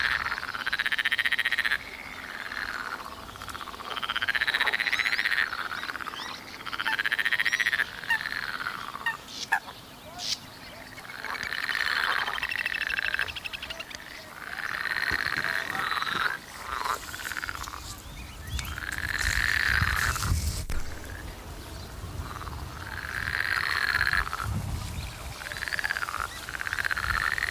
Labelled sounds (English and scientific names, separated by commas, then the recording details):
Eurasian Coot (Fulica atra) alarm call
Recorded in the wild
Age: adult
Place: Berlin, OT Blankenfelde, Berlin, DE
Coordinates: 52.6375, 13.4131
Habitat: gravel-pit lake
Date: 1983-05-29 16:36
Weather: bedeckt, 15°C
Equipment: Nagra SN, Kopie Uher 4000 Monitor Report
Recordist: Tembrock, Günter